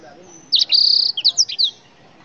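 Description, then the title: Oriental magpie-robin giving a short bright phrase: a couple of sharp notes, a fast trill, then several sharp whistled slurs, lasting about one and a quarter seconds. "Kicau Kacer"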